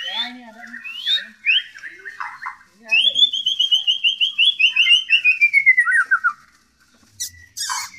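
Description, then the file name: White-rumped shama song: a few upward-sweeping whistles, then a long rapid trill of repeated notes gradually falling in pitch, ending with brief harsh noises. Shama song imitating canary and kingfisher (tengkek) phrases, the 'tembakan' style. "murai batu tembakan kenari tengkek"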